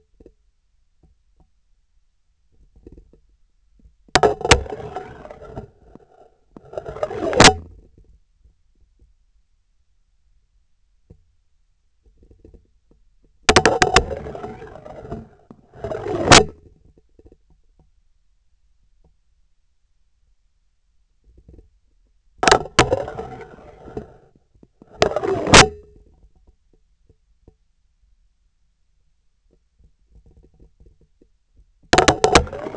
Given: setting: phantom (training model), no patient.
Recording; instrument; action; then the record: laparoscopic instrument, vibration sensor on the handle end; scissors; insertion and removal through the trocar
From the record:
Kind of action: spatial motion